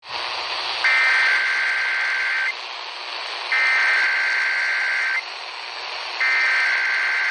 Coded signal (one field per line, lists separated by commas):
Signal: Emergency Alert System (SAME) tones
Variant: header bursts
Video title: EAS Compilation #1 (7/27/22)